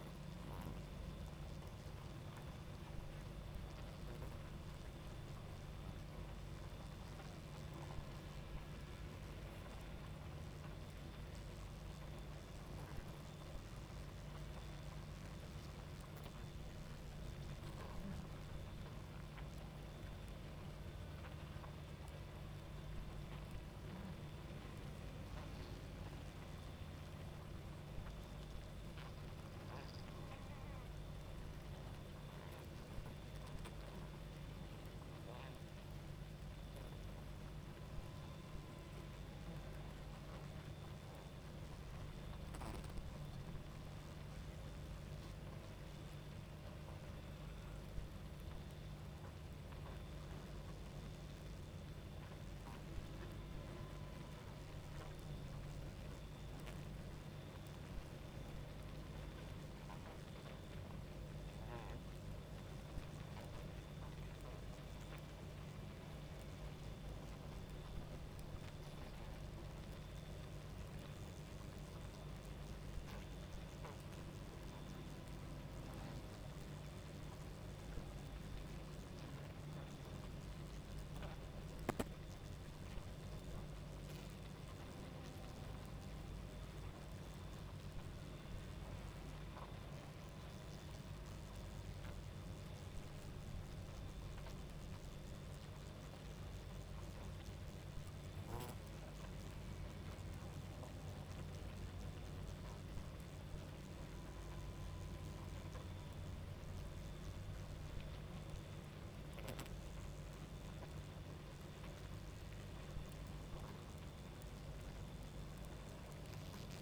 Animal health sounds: honeybee colony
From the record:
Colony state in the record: active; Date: 28 July 2017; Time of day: 23:15

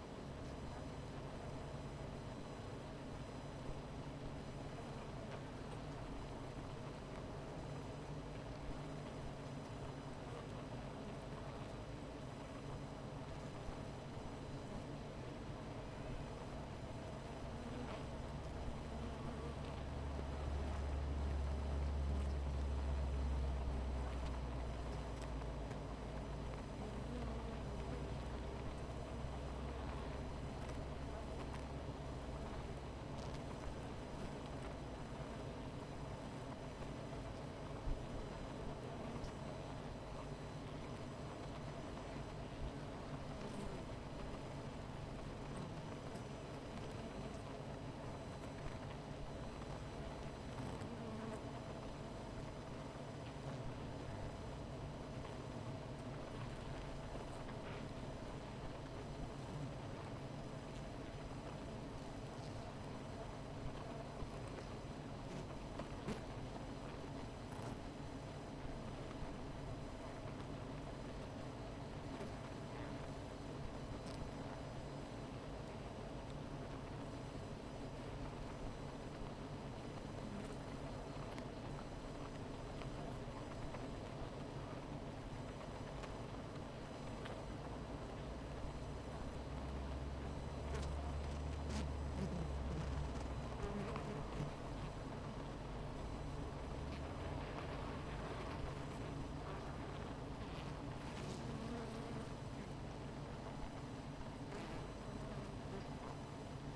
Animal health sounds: honeybee colony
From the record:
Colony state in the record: missing queen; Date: 14 July 2017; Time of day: 17:00

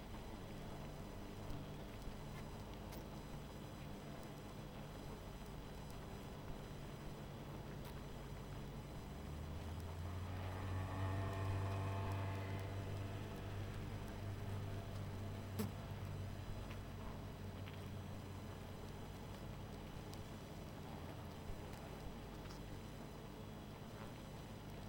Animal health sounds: honeybee colony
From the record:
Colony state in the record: missing queen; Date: 14 July 2017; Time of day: 20:04

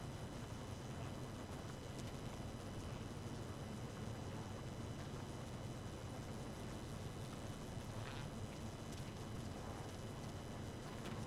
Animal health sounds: honeybee colony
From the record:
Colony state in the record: active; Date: 12 June 2018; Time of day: 1:55

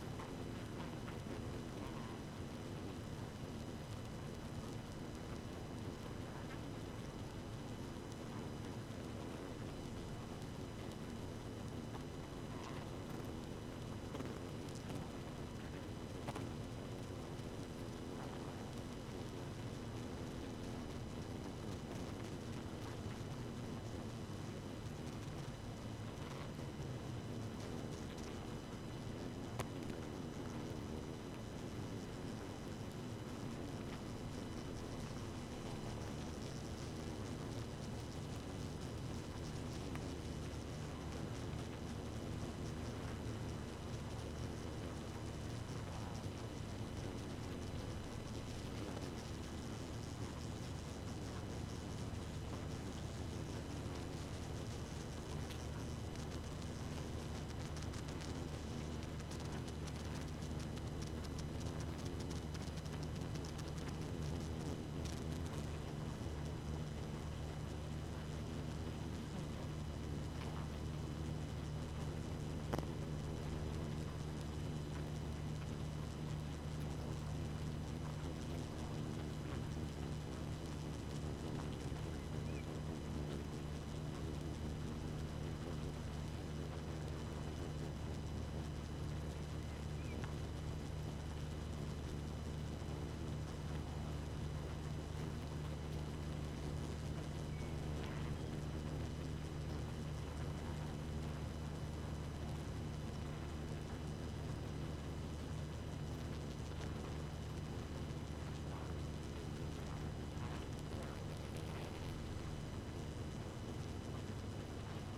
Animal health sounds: honeybee colony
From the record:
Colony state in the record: active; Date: 12 June 2018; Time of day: 2:34

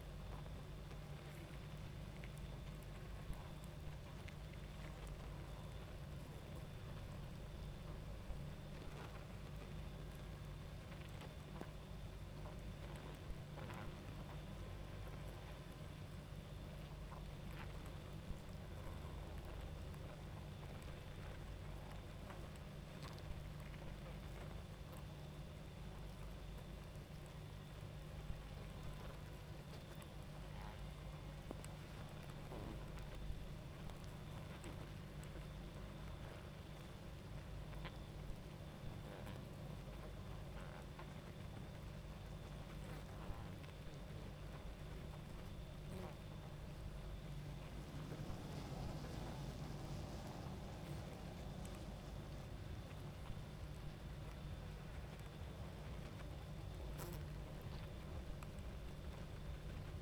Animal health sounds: honeybee colony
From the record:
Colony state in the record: active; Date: 28 July 2017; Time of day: 22:11

